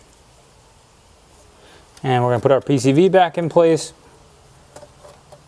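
A PCV valve is being handled and lined up to go back into its port on the engine, and nothing has seated or clicked yet. Someone talks from about 2.0 to 3.8 seconds. After that there are only a few faint, quiet taps, the sharpest at about 4.8 seconds.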